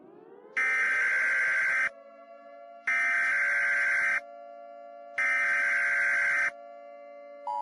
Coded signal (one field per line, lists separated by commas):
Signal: Emergency Alert System (SAME) tones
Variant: header bursts